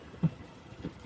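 A syringe pump, the SPA112, is set on top of another syringe pump and handled toward its stacking mount, giving a soft knock at 0.2 s and a sharper metallic clack at 1.0 s. Nothing has seated or clicked yet; the clip ends before the pump locks into the mount.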